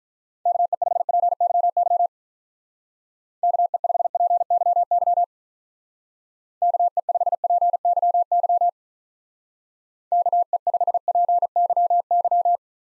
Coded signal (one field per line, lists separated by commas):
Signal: Morse code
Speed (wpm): 44 wpm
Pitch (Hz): 700 Hz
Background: none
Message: KE5PYY KE5PYY KE5PYY KE5PYY